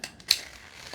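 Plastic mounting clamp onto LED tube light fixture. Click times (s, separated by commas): 0.3 s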